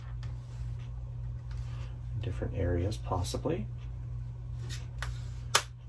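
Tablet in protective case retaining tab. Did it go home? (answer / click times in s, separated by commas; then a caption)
yes / 5.5 s. An iPad Pro 12.9 (6th generation) is pressed into a TSQQST protective case so a plastic retaining tab snaps over the tablet's edge, while someone talks over a steady low hum. A sharp click at 5.6 s marks the tab seating, and the tab is confirmed clicked in.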